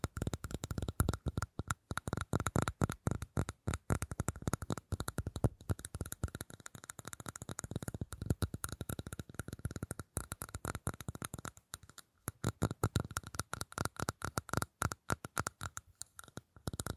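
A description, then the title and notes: Fast tapping runs continuously for the whole stretch, a dense stream of quick, sharp hits with tiny gaps between them. The rhythm is rapid but uneven, with brief dips and pauses around six, ten and twelve seconds. Each tap has a dry, clicky, slightly papery snap. ASMR 1 Hour Fast Tapping for Sleep (No Talking).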